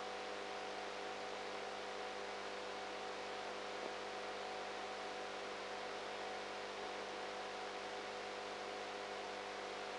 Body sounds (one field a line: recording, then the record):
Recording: brain microelectrode recording played as sound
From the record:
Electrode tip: outside the subthalamic nucleus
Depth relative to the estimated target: 2 mm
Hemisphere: right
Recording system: NeuroSet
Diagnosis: Parkinson's disease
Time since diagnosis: 19 years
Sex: female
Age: 58 years